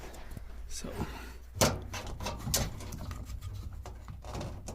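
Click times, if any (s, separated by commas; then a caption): none. A rubber-tabbed part is handled and pulled forward into the housing of a Bosch washer that is not spinning dry and beeping an E:04 error code, so that its small rubber tabs can lock into place. Several knocks and bumps are heard while someone talks. Nothing has seated or clicked yet, since the clip ends just before the part goes home.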